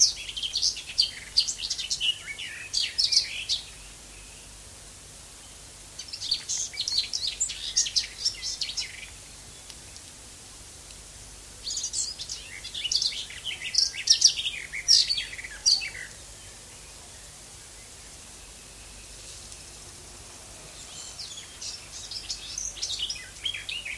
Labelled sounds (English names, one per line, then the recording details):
Garden Warbler song
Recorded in the wild
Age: adult
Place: Köppchensee, Berlin, DE
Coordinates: 52.6167, 13.3667
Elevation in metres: 40
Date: 2003-06-22 13:06
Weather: fair, 17-18°C
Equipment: Fair Mate ST-1328 (Asahi Electronics, Japan), Sennheiser ME 80, Kopie Uher 4000 Report Monitor
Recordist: Tembrock, Günter